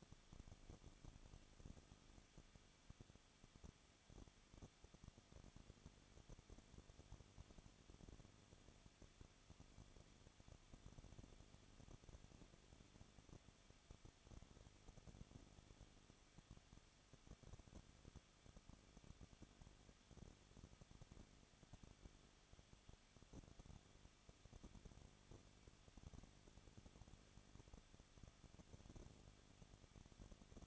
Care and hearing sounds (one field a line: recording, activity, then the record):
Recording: daily activity, microphone in the room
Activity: no activity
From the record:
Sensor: 4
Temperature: 23.1 degrees Celsius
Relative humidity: 34.1%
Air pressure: 1007.2 hPa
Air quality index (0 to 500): 217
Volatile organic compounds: 15 ppm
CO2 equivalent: 2508 ppm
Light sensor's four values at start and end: 2/3/1/1 and 2/3/1/1